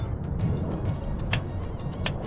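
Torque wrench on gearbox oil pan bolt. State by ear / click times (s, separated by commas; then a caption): torque reached / 1.3 s, 2.1 s. A click-type torque wrench tightens another gearbox oil pan bolt on a Mercedes SL R230 during a transmission service, over a steady low background rumble. Sharp, bright clicks ring out at 1.3 s and 2.1 s as the wrench reaches its setting, confirming the bolt is torqued to spec.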